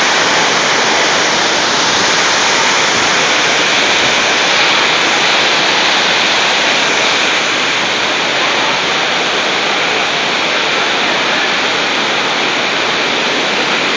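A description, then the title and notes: Heavy tropical rain pours in a dense, unbroken hiss, steady and loud throughout, with a bright wash over a softer low rumble. More Tropical Rainstorms at São Paulo by roelven.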